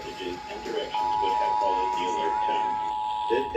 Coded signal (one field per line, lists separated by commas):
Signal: Emergency Alert System (SAME) tones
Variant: 853 and 960 Hz attention tone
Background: speech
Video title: SEPTEMBER RMT MONTH - EAS Tests From 9/20/24 (EAS #2579-2585)